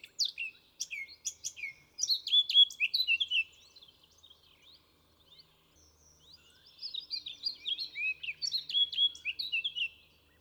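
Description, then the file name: Eurasian blackcap delivering two bursts of varied warbling song, chattering notes and clear whistles, separated by a quiet gap of about three seconds. "Sylvia atricapilla"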